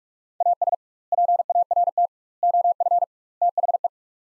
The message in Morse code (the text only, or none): AS PART OF THE